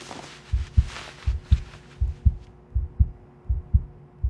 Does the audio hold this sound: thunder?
no